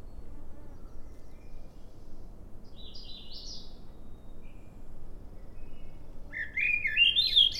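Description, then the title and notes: Swainson's thrush voice: a brief fluttering note cluster, then a rising, swirling phrase climbing steeply at the end, over a soft low rumble. Morning, 15 June 2017, trail to Ocean Bench off Sun Dew Trail, Schoodic Division, Acadia National Park; mostly cloudy, 54 degrees, calm seas; Fostex FR2 with Sennheiser ME 64 shotgun mic. "Swainson's Thrush (Spring Peeper-like sound in background -- "wee" call as defined by N. Pieplow-- is the call of another Swainson's Thrush) on trail to "Ocean Bench" off Sun Dew Trail, Schoodic Division, Acadia National Park. Recorded with Fostex FR2, Sennhesier ME 64 short shotgun mic. Mostly cloudy, 54 degrees calm seas"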